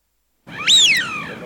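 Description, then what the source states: Eurasian wigeon giving one clear whistled call, rising abruptly then drawn out in a long falling slur. Wigeon call used as a hunting decoy lure, Russia.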